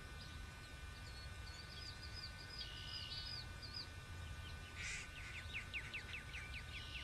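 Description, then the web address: Birds calling over steady background noise: a high rattling trill, then a run of quick downward-sweeping notes repeated several times in a row. Many birds, Bexar County, Texas, morning of 11 March 2006. "bexar Many Birds 20060311 AM"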